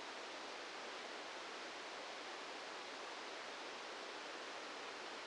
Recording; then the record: brain microelectrode recording played as sound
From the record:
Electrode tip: outside the subthalamic nucleus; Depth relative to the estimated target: -8 mm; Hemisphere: right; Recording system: NeuroSet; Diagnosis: Parkinson's disease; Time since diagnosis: 13 years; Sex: male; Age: 66 years